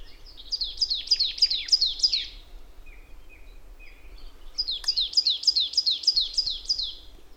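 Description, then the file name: Marsh tit calling in two bursts of quick, sharp, downward-sweeping high notes, about seven each, separated by a few softer, lower notes. "Poecile palustris"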